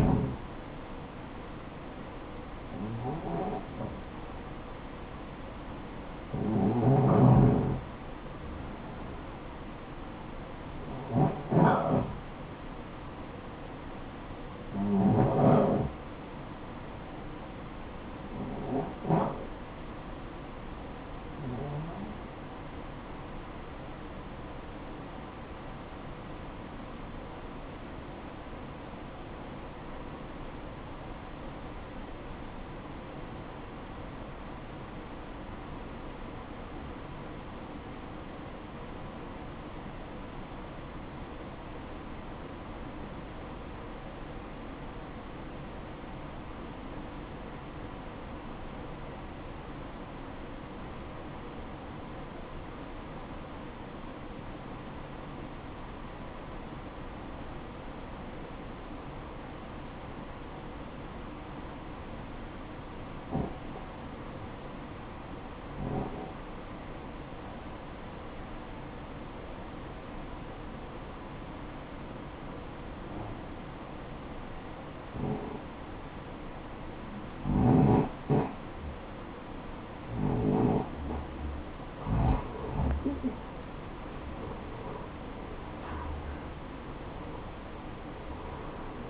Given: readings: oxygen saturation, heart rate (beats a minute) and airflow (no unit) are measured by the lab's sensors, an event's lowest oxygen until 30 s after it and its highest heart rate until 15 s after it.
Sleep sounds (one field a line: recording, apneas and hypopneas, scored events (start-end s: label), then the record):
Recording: breathing in sleep by a voice recorder at the bedside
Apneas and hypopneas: 1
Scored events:
26.00-80.80 s: obstructive apnea (REM, oxygen 92% highest, then 79% lowest, heart rate 61 at the start, 81 highest)
From the record:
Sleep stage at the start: REM sleep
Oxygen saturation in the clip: 80 to 94%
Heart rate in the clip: 45 to 81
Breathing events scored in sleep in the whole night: 573 in 9.8 hours asleep